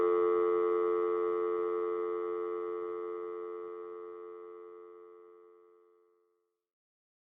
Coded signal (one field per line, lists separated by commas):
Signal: telephone call progress tone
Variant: North America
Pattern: dial tone